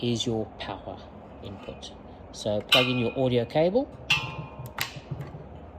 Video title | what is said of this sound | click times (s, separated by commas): Setup EV Everse 12 portable PA and wireless microphone | You'll hear a click. | 4.8 s